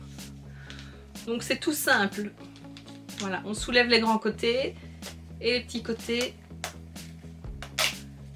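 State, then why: Seated. A collapsible plastic storage box is unfolded: the long side is lifted, then the short side, until the side wall clips into place against the adjoining wall with a sharp click at 7.8 seconds. Someone talks throughout, over faint background music.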